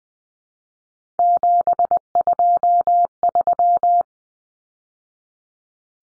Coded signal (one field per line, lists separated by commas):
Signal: Morse code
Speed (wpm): 20 wpm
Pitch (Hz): 700 Hz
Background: none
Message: 723